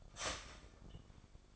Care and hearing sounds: daily activity, microphone in the room; start toaster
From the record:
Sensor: 5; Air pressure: 1004.3 hPa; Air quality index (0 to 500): 169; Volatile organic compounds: 4 ppm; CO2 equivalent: 1591 ppm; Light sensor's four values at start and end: 34/109/41/41 and 34/109/41/41

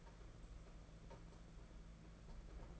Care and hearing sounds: daily activity, microphone in the room; take from stove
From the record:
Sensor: 5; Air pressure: 992.1 hPa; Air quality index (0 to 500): 210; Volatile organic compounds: 1000 ppm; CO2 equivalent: 6095 ppm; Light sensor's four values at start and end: 7/16/6/7 and 7/17/6/7

